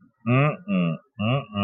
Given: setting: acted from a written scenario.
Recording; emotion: vocal sound without words; desire